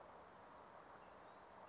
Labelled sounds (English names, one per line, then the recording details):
Brown Creeper
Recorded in Sonoma County, California